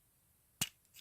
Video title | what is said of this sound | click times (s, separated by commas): Takara mp 21 masterpiece Bumblebee | these are on double hinges extend and just push them down you should hear the click | 0.6 s